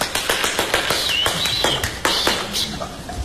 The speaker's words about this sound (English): people clap their hands and make a lot of noise